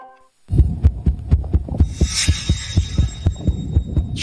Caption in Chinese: 心跳声也跳得太快了，而且有点杂乱无序。